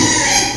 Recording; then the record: squeal of a Yucatan mini pig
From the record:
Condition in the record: before surgery on the right vocal fold (resection and tissue-engineered implant); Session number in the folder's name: 2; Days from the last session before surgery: 0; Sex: male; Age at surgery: 12 weeks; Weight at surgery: 13 kg